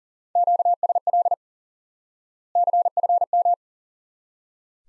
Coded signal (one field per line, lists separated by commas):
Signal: Morse code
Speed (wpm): 40 wpm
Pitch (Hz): 700 Hz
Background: none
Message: QSL CFM